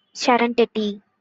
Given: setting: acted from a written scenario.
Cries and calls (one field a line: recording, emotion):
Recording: vocal sound without words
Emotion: serenity